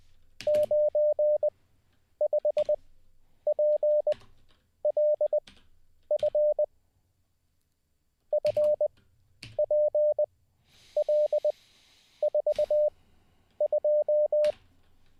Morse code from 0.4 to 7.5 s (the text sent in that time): 95PLF